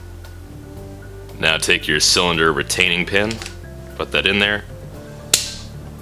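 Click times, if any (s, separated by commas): 5.3 s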